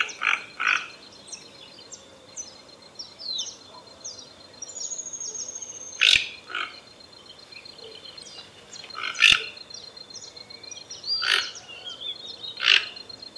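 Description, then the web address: Toco toucan repeating coarse, grating croaks at irregular intervals, while other birds chirp and whistle in the background. "sound Ramphastos-toco. صدای-پرنده-توکان-منقاردار"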